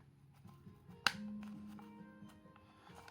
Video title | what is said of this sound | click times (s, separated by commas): Sony WH1000XM2 Earpad Replacement Tutorial and Opinions | you'll hear click as the sound you want to hear | 1.1 s